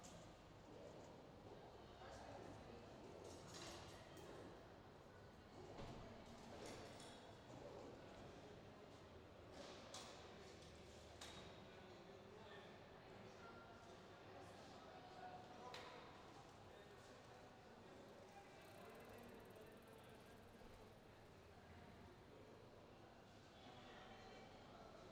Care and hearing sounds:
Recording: everyday scene through a hearing-aid microphone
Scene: reverberant space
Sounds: background noise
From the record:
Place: railway station hall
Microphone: in the ear canal, left

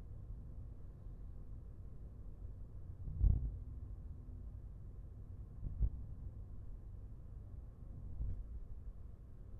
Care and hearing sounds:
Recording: everyday scene through a hearing-aid microphone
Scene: in a vehicle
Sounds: engine, traffic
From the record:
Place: Skoda Fabia, gasoline engine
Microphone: behind the ear, left, rear

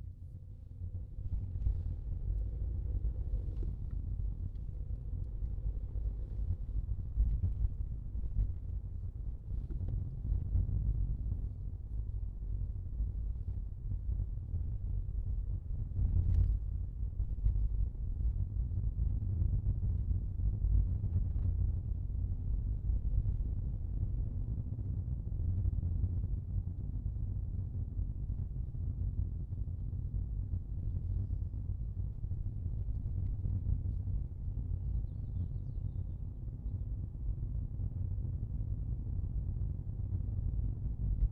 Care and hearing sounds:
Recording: everyday scene through a hearing-aid microphone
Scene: in a vehicle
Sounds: engine, rumble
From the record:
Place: Skoda Fabia, gasoline engine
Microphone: in the ear canal, left

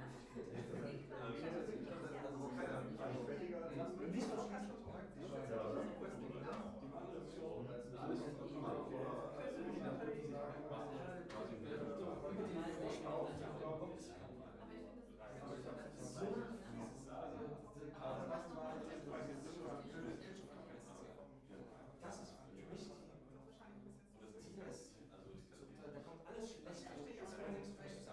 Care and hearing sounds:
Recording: everyday scene through a hearing-aid microphone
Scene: many people talking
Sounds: many voices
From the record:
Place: bistro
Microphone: behind the ear, left, front

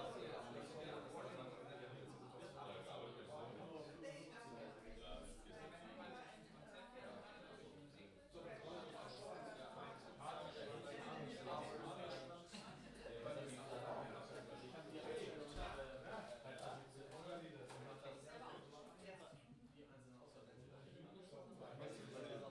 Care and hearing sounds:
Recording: everyday scene through a hearing-aid microphone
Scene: many people talking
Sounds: many voices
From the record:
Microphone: in the ear canal, left

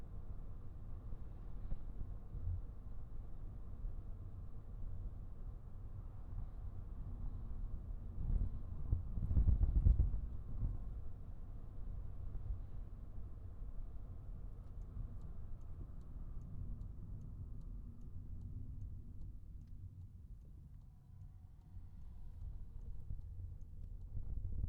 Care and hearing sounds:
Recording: everyday scene through a hearing-aid microphone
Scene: in a vehicle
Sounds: engine, rumble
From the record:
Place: Skoda Fabia, gasoline engine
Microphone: behind the ear, right, rear

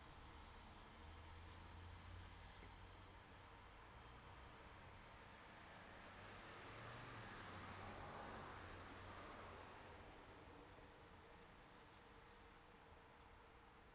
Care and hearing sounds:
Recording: everyday scene through a hearing-aid microphone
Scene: in traffic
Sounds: traffic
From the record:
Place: city secondary road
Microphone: in the ear canal, right

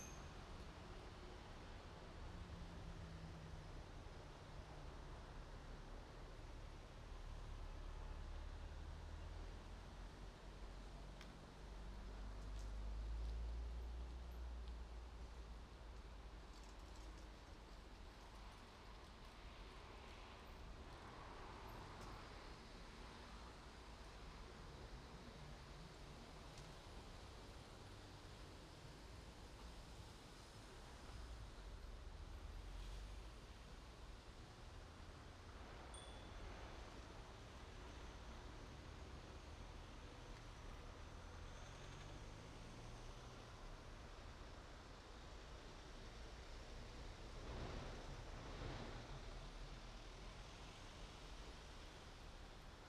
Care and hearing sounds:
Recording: everyday scene through a hearing-aid microphone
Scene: in traffic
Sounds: traffic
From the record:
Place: main road on the outskirts, rush hour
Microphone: in the ear canal, right

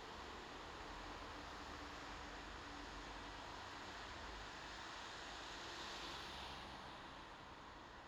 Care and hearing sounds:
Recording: everyday scene through a hearing-aid microphone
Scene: in traffic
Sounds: traffic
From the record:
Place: bus stop on a city main road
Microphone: in the ear canal, left

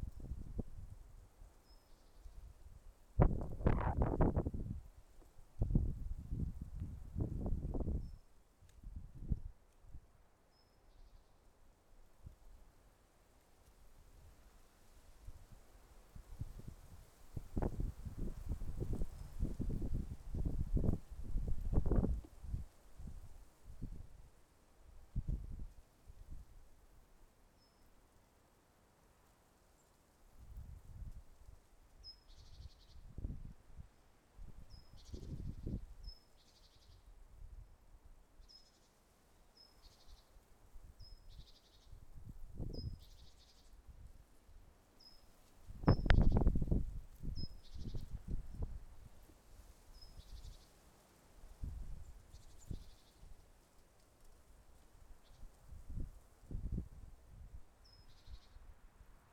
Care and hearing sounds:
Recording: everyday scene through a hearing-aid microphone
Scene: wind on the microphone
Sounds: wind, traffic, birds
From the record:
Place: suburban garden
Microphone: behind the ear, left, front

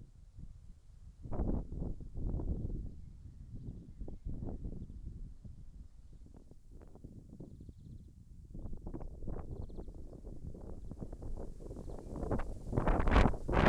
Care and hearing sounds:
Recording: everyday scene through a hearing-aid microphone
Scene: wind on the microphone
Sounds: wind, traffic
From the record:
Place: in front of a rural house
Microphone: behind the ear, left, front

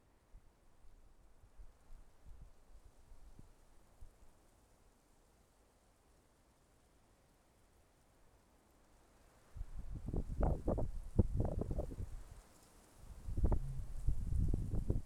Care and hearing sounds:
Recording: everyday scene through a hearing-aid microphone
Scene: wind on the microphone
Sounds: wind, traffic, birds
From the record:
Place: suburban garden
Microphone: behind the ear, left, rear

